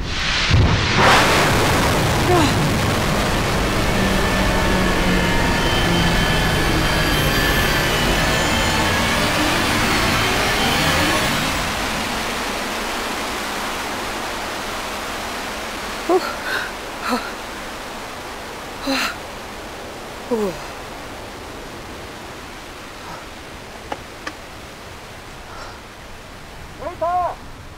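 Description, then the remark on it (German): A rocket launch rumble: a loud, broad roar with deep low-end weight that holds steady for about ten seconds, then fades, leaving quiet air broken by a few short bird calls. “Den Abschuss habe ich mehr gespürt als gehört.”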